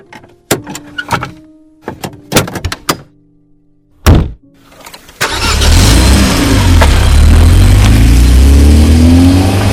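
Several sharp thunks of car doors shutting as people get into a car, then an engine cranks and starts, rising into a steady low rumble as the car revs and pulls away.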